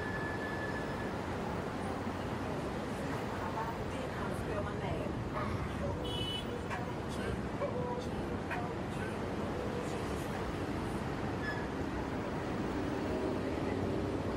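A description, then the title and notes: Heavy traffic on the Brooklyn Bridge makes a steady, dense low rumble that holds level for the whole stretch. Voices murmur through it, with a few brief brighter clinks and squeaks scattered around the middle, and a short high tone near the start. Soundscape of Brooklyn Bridge in New York City. It was already after 10pm on Saturday night, but the traffic was still heavy on the bridge. In this recording, you can feel the summer night of Brooklyn, NY.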